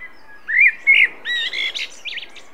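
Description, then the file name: Common blackbird song: a mellow, fluted warbling phrase of low whistles that rises into a thin, squeaky twitter at the end. "Turdus merula"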